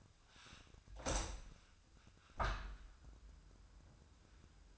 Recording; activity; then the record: daily activity, microphone in the room; open window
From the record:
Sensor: 2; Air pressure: 1004.5 hPa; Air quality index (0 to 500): 92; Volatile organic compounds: 2 ppm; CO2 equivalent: 1102 ppm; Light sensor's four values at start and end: 6/14/6/6 and 6/15/6/6